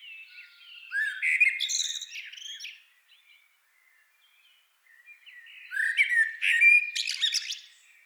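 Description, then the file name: Common blackbird song: two phrases a few seconds apart, each a low fluting warble ending in a high, squeaky twitter, with a quiet pause between. "Turdus merula"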